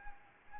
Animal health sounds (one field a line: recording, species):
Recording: mosquito wingbeat signal from an infrared sensor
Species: Anopheles arabiensis